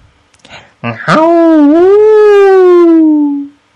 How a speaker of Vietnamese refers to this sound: Đúng lúc này phía dưới tường thành vang vọng tiếng sói hú.